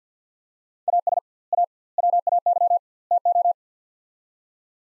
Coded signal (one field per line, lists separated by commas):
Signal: Morse code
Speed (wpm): 47 wpm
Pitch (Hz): 700 Hz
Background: none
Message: AS A WAY TO